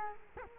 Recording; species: mosquito wingbeat signal from an infrared sensor; Culex quinquefasciatus